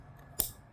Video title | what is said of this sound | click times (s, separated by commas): Razor electeic scooter battery replacement | There you go. Click. | 0.4 s